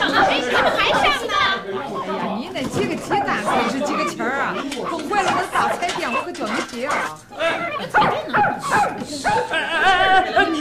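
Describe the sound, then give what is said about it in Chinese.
A dog barks and whimpers in short, repeated yelps over a busy tangle of several people talking at once, the voices and dog sounds staying loud throughout; from the radio drama 乡里乡亲住高楼. “你没讲你那狗啃俺那包袱吗？”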